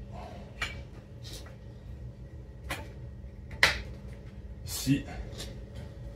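A Wagner heat exchanger (intercooler) is being refitted into its plastic mounting clips on the radiator pack of a 525/530d E39's cooling stack, pressed by hand as someone talks. Short knocks and plastic taps sound around 0.6 s, 2.7 s and a sharp, loudest one at 3.6 s, with a duller bump near 4.9 s over a low background hum. The part is still being handled, and nothing has seated or clicked into place yet.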